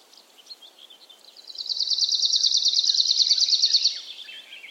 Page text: Lapinuunilintu helskyttelee pöpelikössä. Harvinaisen lapinuunilinnun (Phylloscopus borealis) laulun voi päästä hyvällä tuurilla kuulemaan – usein läpitunkemattomassa metsäryteikössä. Se on tasainen helinä tai sirinä. Lapinuunilinnun äänitti Lauri Hallikainen. Kultasointu